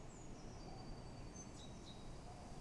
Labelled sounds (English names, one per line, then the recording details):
Eurasian Blue Tit
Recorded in Germany
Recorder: ecoPi